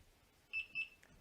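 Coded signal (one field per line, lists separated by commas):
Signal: beep code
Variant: Delkim bite alarm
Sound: two short high-pitched electronic beeps in quick succession, then a faint click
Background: quiet room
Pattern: 2 short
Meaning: Two beeps mean the alarm is in setup mode, ready to adjust the tone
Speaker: Okay, and now I adjust the tone.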